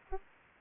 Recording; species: mosquito wingbeat signal from an infrared sensor; Aedes aegypti